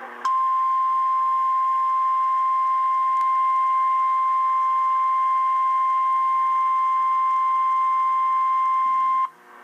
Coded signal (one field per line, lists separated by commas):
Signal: Emergency Alert System (SAME) tones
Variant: 1050 Hz attention tone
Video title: EAS 637 SMW